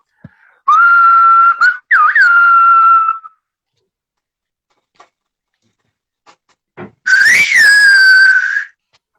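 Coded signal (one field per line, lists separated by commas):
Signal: whistled language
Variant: Silbo Gomero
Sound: two whistled phrases, each a steady pitch with quick upward and downward glides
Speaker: quiero que la gente sí vea que desde luego la primera lección la aprendiste. Aprendiste a silbar y aprendes cómo se establece comunicación. Y vamos a hacerlo, quiero que lo vean.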